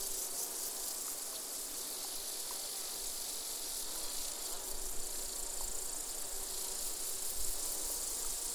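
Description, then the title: Insect chorus: continuous shimmering high-pitched hiss of crickets and grasshoppers, unbroken throughout, with light low rumble beneath. Gentle summer soundscape of bees, grasshoppers and crickets recorded in an open meadow near the Col de Châtillon, 1680 metres above sea level. "Siesta summer insect chorus"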